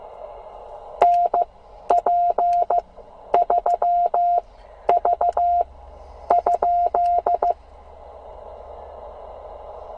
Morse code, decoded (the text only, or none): NP3V ?